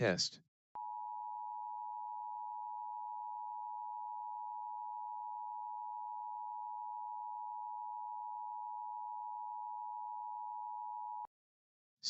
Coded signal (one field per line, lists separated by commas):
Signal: Emergency Alert System (SAME) tones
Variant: 853 and 960 Hz attention tone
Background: speech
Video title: LIVE AM/MW DX: DX Central Live - S. 4, Ep. 6 | Friday, February 16, 2024